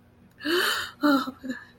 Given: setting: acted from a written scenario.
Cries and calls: vocal sound without words; fear

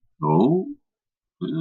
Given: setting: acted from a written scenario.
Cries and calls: vocal sound without words; interest

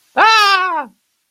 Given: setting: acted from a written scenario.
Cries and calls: vocal sound without words; pain

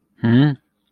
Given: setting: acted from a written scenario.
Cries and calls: vocal sound without words; confusion

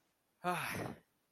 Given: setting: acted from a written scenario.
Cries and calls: vocal sound without words; contentment

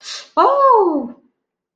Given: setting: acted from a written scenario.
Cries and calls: vocal sound without words; negative surprise

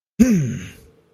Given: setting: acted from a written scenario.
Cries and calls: vocal sound without words; pride

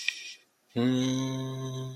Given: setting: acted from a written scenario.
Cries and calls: vocal sound without words; serenity

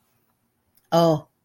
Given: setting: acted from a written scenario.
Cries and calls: vocal sound without words; neutral

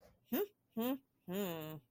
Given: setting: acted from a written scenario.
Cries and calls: vocal sound without words; pride

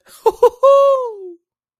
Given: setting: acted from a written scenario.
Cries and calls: vocal sound without words; elation

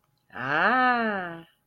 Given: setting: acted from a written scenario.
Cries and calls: vocal sound without words; romantic love

